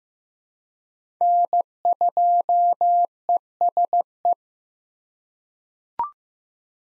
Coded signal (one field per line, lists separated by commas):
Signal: Morse code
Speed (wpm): 16 wpm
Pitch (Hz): 700 Hz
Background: none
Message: N2ESE